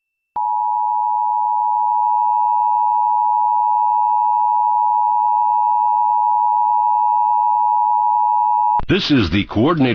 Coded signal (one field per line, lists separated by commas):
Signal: Emergency Alert System (SAME) tones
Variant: 853 and 960 Hz attention tone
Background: speech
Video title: KCBS Radio San Francisco Bay Area Emergency Alert System Required Monthly Test (3/11/25)